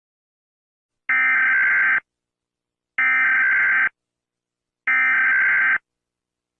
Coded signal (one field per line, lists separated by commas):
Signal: Emergency Alert System (SAME) tones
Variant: header bursts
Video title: EAS SCENARIO) End of the Union of Britannian Socialist Republics (Part 1)